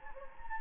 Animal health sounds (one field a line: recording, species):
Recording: mosquito wingbeat signal from an infrared sensor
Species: Anopheles gambiae